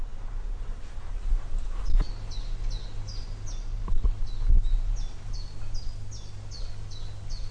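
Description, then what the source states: Bird calls, high sharp descending chirps coming in spaced runs, with a few low knocks and a constant low rumble underneath. Lakeside bird noise in Berlin.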